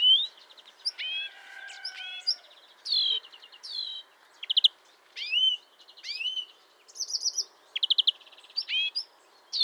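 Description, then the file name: European greenfinch twittering, with rising chirps, quick buzzy trill bursts and clipped notes following closely one after another. "Chloris chloris"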